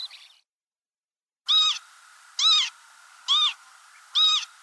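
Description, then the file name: Northern lapwing uttering four even, arched, plaintive calls at a steady pace, after a brief note at the start. "chibis-obyknovennyy-golos onbird ru"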